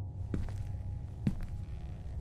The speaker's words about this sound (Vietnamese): Tiếng bước chân của nhỏ lạch cạch vang lên giữa cái không gian yên ắng, càng làm cho chính nhỏ cảm thấy rờn rợn.